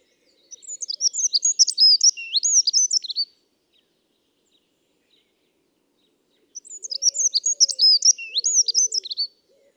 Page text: Accenteur mouchet. Sonothèque ornithologie – Nature et Vie